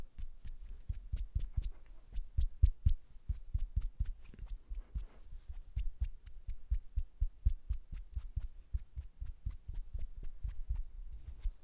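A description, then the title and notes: Hand sounds: a steady run of quick pats or slaps, about three per second, each a low thud topped by a sharp click. The rhythm stays even through the whole stretch, with only slight shifts in loudness and a faint rustle between hits. ASMR The BEST Hand Sounds.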